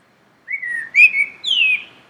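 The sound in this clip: Common blackbird song: a single phrase of fluty, slurred whistles climbs into a bright, higher note that trails off.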